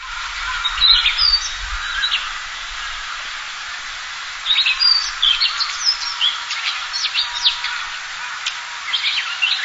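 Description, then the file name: Daurian redstart calls: a few sharp chirps early, a quiet stretch, then a busy run of short high ticks and chirps from the middle onward. "joubitaki"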